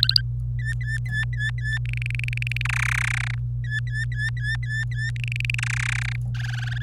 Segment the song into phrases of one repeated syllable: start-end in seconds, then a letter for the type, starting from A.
0.00-0.21 A, 0.59-1.78 B, 1.86-2.62 C, 2.65-3.35 D, 3.64-5.10 B, 5.16-5.55 C, 5.58-6.16 D, 6.35-6.82 E